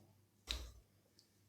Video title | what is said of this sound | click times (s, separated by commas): ടെമൂവിൽനിന്ന് വാങ്ങിയ Mike . Mic From Temu for 1.5 Bahrain Dinar (300 INR | ഇങ്ങനെ വെച്ചിട്ട് ഇങ്ങനെ തിരിച്ചി ക്ലിക്ക് കേൾക്കും അപ്പോ കറക്റ്റ് ആയിട്ട് അവിടെ ഇരിക്കും | 0.5 s